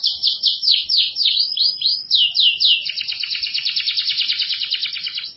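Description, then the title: Canary song, a continuous run of bright high trills and warbled phrases, shifting midway into a fast, even rolling trill. "Kenari"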